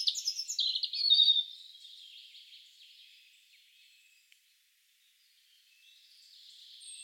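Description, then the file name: European robin song: a bright burst of rapid, high trilling notes that trails off into a quiet, thin warble, a brief hush, then faint high notes again. "Erithacus rubecula"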